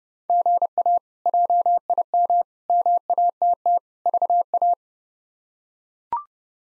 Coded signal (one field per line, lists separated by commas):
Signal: Morse code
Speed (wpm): 30 wpm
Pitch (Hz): 700 Hz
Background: none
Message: GA JIM MATT VA